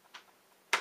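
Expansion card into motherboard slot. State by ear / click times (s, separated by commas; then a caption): seated / 0.7 s. An expansion card is lowered and pushed into a motherboard slot, with a faint tick at 0.2 seconds and small scuffs. A sharp, bright click at 0.7 seconds marks the card snapping into place and seating in the slot.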